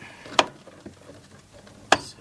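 A first DDR2 2GB memory stick is pressed down into a motherboard DIMM slot, and its retaining clips give two sharp snaps at 0.4 s and 1.9 s against a quiet background. The stick is seated in the slot.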